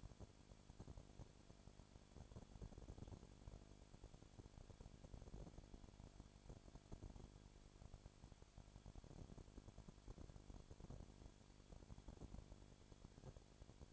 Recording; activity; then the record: daily activity, microphone in the room; no activity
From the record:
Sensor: 5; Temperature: 20.2 degrees Celsius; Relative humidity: 36.5%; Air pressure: 1001.2 hPa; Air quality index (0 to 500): 177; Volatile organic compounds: 4 ppm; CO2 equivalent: 1609 ppm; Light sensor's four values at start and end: 2/3/1/1 and 2/3/1/1